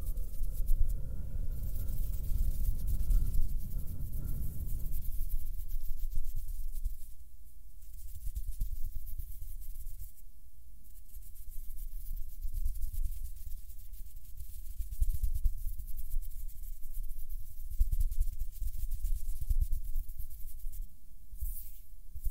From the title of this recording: HAND SOUNDS + SOFT HAND MOVEMENS